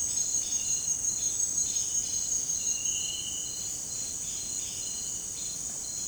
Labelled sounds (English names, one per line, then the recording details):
none
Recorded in dense forest near Puerto Asís, Putumayo, Colombia, on 8 March 2025 at 17:30
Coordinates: 0.486, -76.317
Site G053